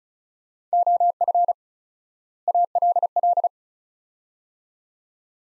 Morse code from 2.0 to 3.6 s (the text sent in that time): ALL